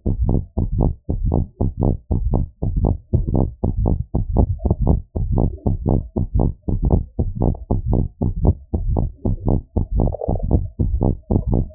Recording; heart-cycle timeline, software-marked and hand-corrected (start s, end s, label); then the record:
heart sounds
0.00	0.12	systole
0.12	0.26	S2
0.26	0.36	diastole
0.36	0.44	S1
0.44	0.58	systole
0.58	0.70	S2
0.70	0.80	diastole
0.80	0.94	S1
0.94	1.14	systole
1.14	1.28	S2
1.28	1.36	diastole
1.36	1.46	S1
1.46	1.62	systole
1.62	1.72	S2
1.72	1.86	diastole
1.86	1.98	S1
1.98	2.16	systole
2.16	2.34	S2
2.34	2.48	diastole
2.48	2.58	S1
2.58	2.76	systole
2.76	2.94	S2
2.94	3.12	diastole
3.12	3.22	S1
3.22	3.36	systole
3.36	3.48	S2
3.48	3.58	diastole
3.58	3.64	S1
3.64	3.80	systole
3.80	3.96	S2
3.96	4.12	diastole
4.12	4.20	S1
4.20	4.36	systole
4.36	4.50	S2
4.50	4.64	diastole
4.64	4.76	S1
4.76	4.88	systole
4.88	5.00	S2
5.00	5.16	diastole
5.16	5.24	S1
5.24	5.36	systole
5.36	5.50	S2
5.50	5.64	diastole
5.64	5.74	S1
5.74	5.88	systole
5.88	6.00	S2
6.00	6.14	diastole
6.14	6.22	S1
6.22	6.36	systole
6.36	6.50	S2
6.50	6.62	diastole
6.62	6.68	S1
6.68	6.84	systole
6.84	7.02	S2
7.02	7.20	diastole
7.20	7.28	S1
7.28	7.42	systole
7.42	7.54	S2
7.54	7.66	diastole
7.66	7.72	S1
7.72	7.88	systole
7.88	8.04	S2
8.04	8.20	diastole
8.20	8.30	S1
8.30	8.42	systole
8.42	8.56	S2
8.56	8.66	diastole
8.66	8.72	S1
8.72	8.88	systole
8.88	9.04	S2
9.04	9.22	diastole
9.22	9.32	S1
9.32	9.48	systole
9.48	9.60	S2
9.60	9.74	diastole
9.74	9.82	S1
9.82	9.96	systole
9.96	10.12	S2
10.12	10.28	diastole
10.28	10.38	S1
10.38	10.52	systole
10.52	10.66	S2
10.66	10.80	diastole
10.80	10.92	S1
10.92	11.06	systole
11.06	11.16	S2
11.16	11.32	diastole
11.32	11.42	S1
11.42	11.56	systole
11.56	11.66	S2
11.66	11.75	diastole
From the record:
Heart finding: abnormal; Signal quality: good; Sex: female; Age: 48 years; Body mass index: 24.7